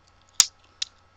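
A shim cut from a pop can is pushed down beside a padlock shackle, and a loud, sharp metallic click sounds at 0.4 s. A second, quieter sharp snap follows at about 0.8 s, and the padlock's shackle latch releases and the shackle pops open.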